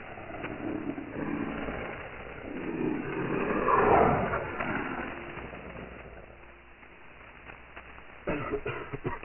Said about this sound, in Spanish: Por ahí viene el autobús de Jairo. En buen momento se le ocurre pasar por aquí.